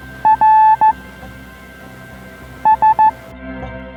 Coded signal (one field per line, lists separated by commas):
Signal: Morse code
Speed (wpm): 15 wpm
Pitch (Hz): 870 Hz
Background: music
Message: R S